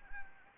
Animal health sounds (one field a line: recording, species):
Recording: mosquito wingbeat signal from an infrared sensor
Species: Anopheles arabiensis